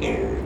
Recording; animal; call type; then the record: contact call of a hoofed animal; pig; closed-mouth grunt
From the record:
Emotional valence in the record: negative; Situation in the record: short social isolation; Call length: 0.46 s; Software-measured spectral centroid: 1570 Hz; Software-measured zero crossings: 1060 a second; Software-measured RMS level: -24 dBFS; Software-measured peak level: -13 dBFS